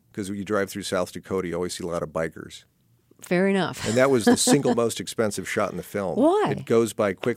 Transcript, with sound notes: because when you drive though South Dakota, you always see a lot of bikers.
Fair enough.
(LAUGHTER)
And that was the single most expensive shot in the film.
Why?
It goes by quickly.